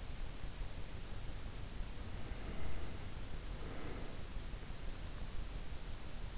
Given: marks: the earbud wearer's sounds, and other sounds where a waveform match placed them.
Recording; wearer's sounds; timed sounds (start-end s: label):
sounds in sleep by an in-ear microphone; breath
1.96-4.53 s: breath